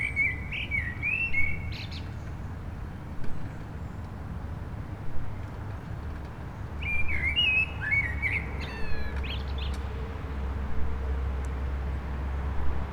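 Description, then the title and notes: Common blackbird song, fluty varied phrases with high chattering ends, one near the start and another after a gap, over low continuous traffic rumble. Blackbirds singing after sunset on a mild day, eve of the winter solstice, Rue Jacques Cartier, Aix-les-Bains, France, with urban traffic. "Rue Jacques Cartier, 73100 Aix-les-Bains, Auvergne-Rhône-Alpes, France - Merle du solstice. En cette douce journée les merles commencent à chanter après le coucher du soleil, passages d'avions, circulation urbaine demain c'est le solstice d'hiver"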